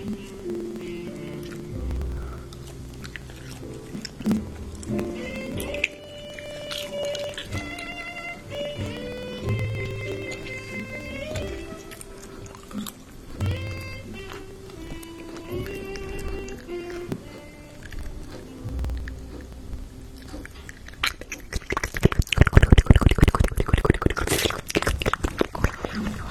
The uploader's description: Mouth Sounds